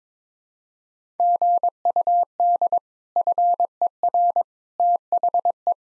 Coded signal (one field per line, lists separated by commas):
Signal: Morse code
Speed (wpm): 21 wpm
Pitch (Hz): 700 Hz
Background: none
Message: GUD FER THE